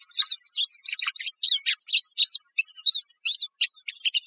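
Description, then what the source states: Pine siskin chattering: quick, high, wheezy chips and slurred notes repeated several times per second, with no other sounds noticeable. Recorded 16 May 2006.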